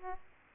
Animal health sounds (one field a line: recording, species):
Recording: mosquito wingbeat signal from an infrared sensor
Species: Aedes aegypti